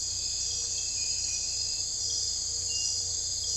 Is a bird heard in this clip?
no